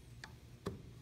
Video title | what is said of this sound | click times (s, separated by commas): Mercedes ML350 Oil Change (2013) | you hear click | 0.2 s, 0.7 s